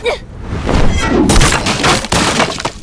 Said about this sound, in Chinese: 刚一挪步，身后的木房轰然倒塌，两根房梁毫无预兆地朝韩叶砸去，他抱着两个孩子根本来不及躲开。